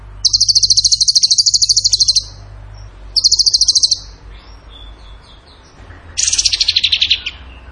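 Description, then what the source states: Bird song: high, rapid pulsed trills in three bursts, the first two steady and even, the last slightly lower and falling, with faint soft notes between. Masteran training recording of bird song in the tembakan gacor style.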